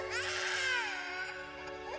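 A long, mournful wailing cry, high-pitched and wavering, rises and slowly falls in a sustained, sorrowful tone that stays fairly loud throughout, with no talking over it.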